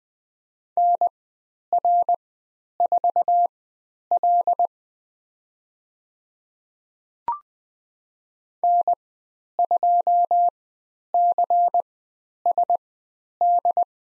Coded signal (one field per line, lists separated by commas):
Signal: Morse code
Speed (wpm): 20 wpm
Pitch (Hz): 700 Hz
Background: none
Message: NR4L N2CSD